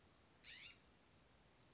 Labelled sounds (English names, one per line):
California Scrub-Jay